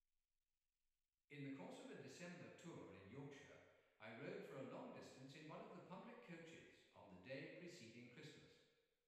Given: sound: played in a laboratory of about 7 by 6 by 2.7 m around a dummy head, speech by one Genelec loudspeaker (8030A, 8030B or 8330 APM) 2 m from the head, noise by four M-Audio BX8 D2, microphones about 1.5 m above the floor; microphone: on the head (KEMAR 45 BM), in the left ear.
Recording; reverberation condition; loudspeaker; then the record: male speech in English; high; behind (180 degrees)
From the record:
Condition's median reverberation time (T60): about 1300 ms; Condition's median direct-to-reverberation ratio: about -4.0 dB